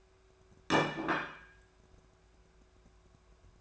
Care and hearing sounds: daily activity, microphone in the room; place plate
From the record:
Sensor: 2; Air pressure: 1014.9 hPa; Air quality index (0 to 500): 204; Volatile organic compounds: 20 ppm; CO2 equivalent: 2696 ppm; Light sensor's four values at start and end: 20/49/21/23 and 19/45/19/21

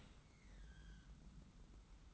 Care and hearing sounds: daily activity, microphone in the room; open dishwasher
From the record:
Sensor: 3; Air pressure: 991.4 hPa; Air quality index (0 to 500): 134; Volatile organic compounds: 212 ppm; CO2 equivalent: 4250 ppm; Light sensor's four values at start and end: 51/138/56/50 and 51/138/56/50

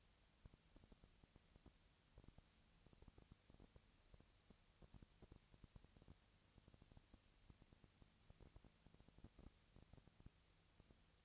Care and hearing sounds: daily activity, microphone in the room; no activity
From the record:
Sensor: 3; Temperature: 20.4 degrees Celsius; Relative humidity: 34.4%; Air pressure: 997.0 hPa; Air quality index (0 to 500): 205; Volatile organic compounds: 68 ppm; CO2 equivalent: 3498 ppm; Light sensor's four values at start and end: 2/3/2/2 and 2/3/2/2

